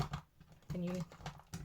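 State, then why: Not seated. A blade wheel on a paper trimmer is handled after a blade has been inserted, with a few short handling taps around 0.1, 1.4, 1.5 and 1.7 seconds while someone talks. Nothing has seated or clicked into place yet.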